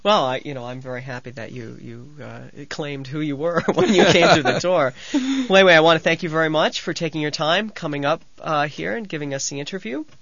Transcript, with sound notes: Well, you know, I'm very happy you claimed who you were when you came to the tour. (They laugh) Well, anyway, I want to thank you very much for taking your time coming up here and giving us the interview